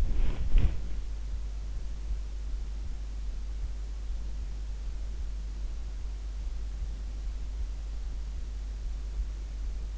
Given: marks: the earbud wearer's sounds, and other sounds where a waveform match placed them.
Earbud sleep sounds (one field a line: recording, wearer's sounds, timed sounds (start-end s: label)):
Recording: sounds in sleep by an in-ear microphone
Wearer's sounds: body movement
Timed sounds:
0.00-0.92 s: body movement